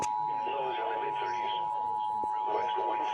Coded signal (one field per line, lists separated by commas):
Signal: Emergency Alert System (SAME) tones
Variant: 853 and 960 Hz attention tone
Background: speech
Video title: EAS #35 - Severe Thunderstorm Warning